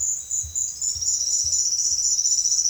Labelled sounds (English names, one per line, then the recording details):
none
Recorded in secondary vegetation near Puerto Asís, Putumayo, Colombia, on 24 June 2025 at 16:00
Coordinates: 0.500, -76.326
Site GP08